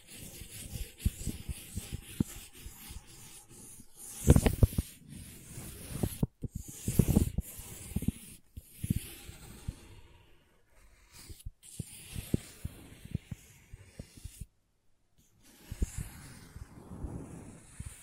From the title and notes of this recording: ASMR Sleepy Crayons Tapping, Carving, Cutting, Drawing Sounds (No Talking).